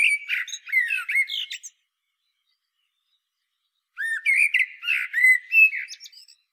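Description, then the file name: Common blackbird song, two rich phrases of rising and falling whistled notes with squeaky twitters, separated by a couple of seconds of silence. "Turdus merula"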